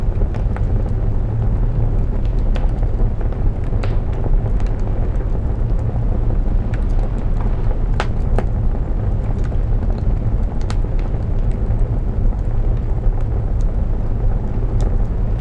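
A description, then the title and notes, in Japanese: A fireplace burns with a steady low roar, sharp crackles and pops breaking through every second or so, strongest near the eight-second mark. アイスランドのHvolsvöllurに隠れた小さな山小屋。暖炉の強く心地よい crackle （パチパチという音）。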